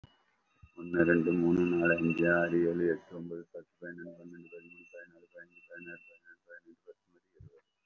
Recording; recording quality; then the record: counting at a fast pace; excellent, no background noise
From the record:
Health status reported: recovered from COVID-19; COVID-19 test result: positive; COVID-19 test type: RT-PCR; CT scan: taken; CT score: 0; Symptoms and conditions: cough, cold, breathing difficulty, fatigue, muscle pain, asthma, chronic lung disease, pneumonia, another respiratory illness, hypertension, another condition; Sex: male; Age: 54 years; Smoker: yes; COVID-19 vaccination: both doses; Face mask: worn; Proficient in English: no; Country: India